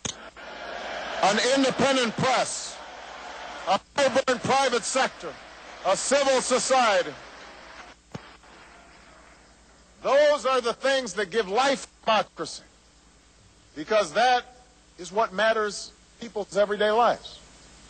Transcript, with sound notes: an independent press; a vibrant private sector; a civil society. (Applause.) Those are the things that give life to democracy, because that is what matters in people's everyday lives.